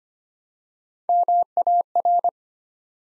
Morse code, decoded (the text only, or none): MAR